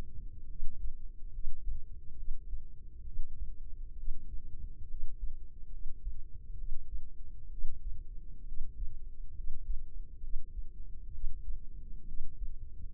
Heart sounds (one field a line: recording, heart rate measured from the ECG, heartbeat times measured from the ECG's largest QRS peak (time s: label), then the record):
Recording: heart sounds by microphone in the left ear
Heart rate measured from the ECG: 68 bpm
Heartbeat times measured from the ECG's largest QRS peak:
0.47 s: heartbeat
1.30 s: heartbeat
2.15 s: heartbeat
3.03 s: heartbeat
3.95 s: heartbeat
4.86 s: heartbeat
5.69 s: heartbeat
6.55 s: heartbeat
7.48 s: heartbeat
8.44 s: heartbeat
9.32 s: heartbeat
10.19 s: heartbeat
11.10 s: heartbeat
12.04 s: heartbeat
12.91 s: heartbeat
From the record:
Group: healthy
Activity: cold pressor test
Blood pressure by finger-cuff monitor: 101/65 mmHg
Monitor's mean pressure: 77 mmHg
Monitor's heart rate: 68 bpm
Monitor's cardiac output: 5.4 L/min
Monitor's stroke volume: 82 mL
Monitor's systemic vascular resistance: 980 dyn s/cm5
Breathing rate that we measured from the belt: 15 breaths a minute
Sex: female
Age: 23 years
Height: 160 cm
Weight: 50.4 kg